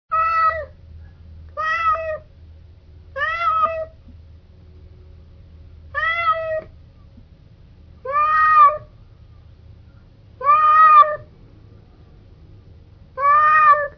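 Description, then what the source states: Cat meowing: seven drawn-out, harmonic meows, each under a second, repeated at irregular intervals over a low steady hum. Hungry cat.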